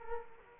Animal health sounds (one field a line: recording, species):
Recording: mosquito wingbeat signal from an infrared sensor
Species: Culex quinquefasciatus